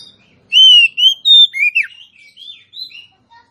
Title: Kacer Langsung Tarung Konslet KACER NGOTOT FULL TEMBAKAN. Suara kacer betinamemancing kacer jantan yg macet bunyi